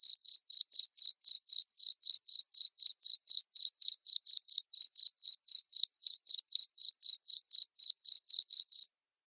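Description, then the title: Cricket chirps, short high pulses repeated steadily about four times a second until just before the end, with no other sounds. Loud cricket chirping, played to make lovebirds keep singing their ngekek trill. "Suara JANGKRIK NGERIK Keras Bikin LOVEBIRD Jadi NGEKEK Terus Vubey"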